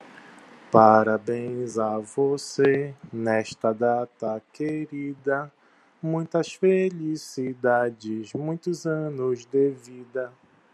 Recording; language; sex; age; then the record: short text; Brazilian Portuguese; male; 40 to 49 years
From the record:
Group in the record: control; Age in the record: 41 years